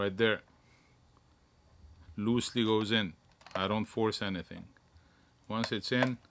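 During a CarPlay and Android head unit install in a 5th Gen 4Runner, a plastic wiring harness connector, apparently the backup camera plug, is slid loosely into its socket on the aftermarket head unit without being forced, while someone talks. Nothing has seated or clicked yet in this clip.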